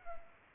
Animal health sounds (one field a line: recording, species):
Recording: mosquito wingbeat signal from an infrared sensor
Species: Culex pipiens